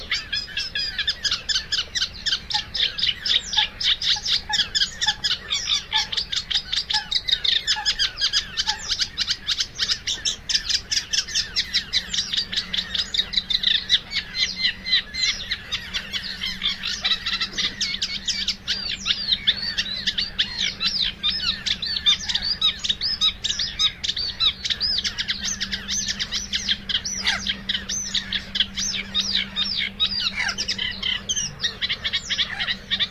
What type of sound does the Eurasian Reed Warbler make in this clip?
song